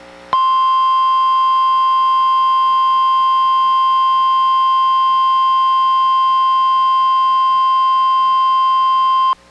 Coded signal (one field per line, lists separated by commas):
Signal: Emergency Alert System (SAME) tones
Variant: 1050 Hz attention tone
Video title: EAS #858: NWR Required Weekly Test- Aug. 9, 2023- 11:32AM PDT